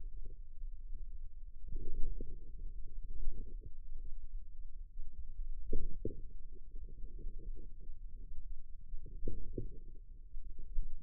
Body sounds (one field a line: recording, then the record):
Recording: forearm muscle sounds (acoustic myography)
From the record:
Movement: inward rotation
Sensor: system 2, bracelet of six BSWA MPA416 microphones around the upper forearm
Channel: 6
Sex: female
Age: 22 years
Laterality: right